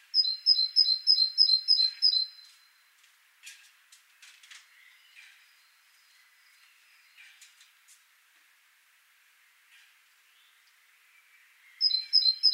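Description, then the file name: Great tit repeating its two-note phrase at the opening, then a pause broken by faint clicks and brief chirps, before the phrase starts again at the end. "Parus major"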